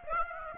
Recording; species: mosquito wingbeat signal from an infrared sensor; Aedes aegypti